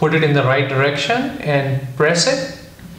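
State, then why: Not seated. A man talks while a medium plastic nose pad, marked M, is lined up in the right direction to be pressed onto the frame of XREAL Air AR smart glasses. A brief faint sound comes near 2.8 s as his voice trails off. Nothing has clicked or seated yet when the clip ends.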